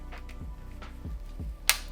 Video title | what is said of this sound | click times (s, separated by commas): ModLite PL350C - Quick Start Guide | Once I hear that click, I know it's torqued down, then I'm gonna test and make sure that my grip | 1.7 s